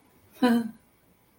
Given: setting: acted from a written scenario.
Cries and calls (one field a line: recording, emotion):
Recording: vocal sound without words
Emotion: romantic love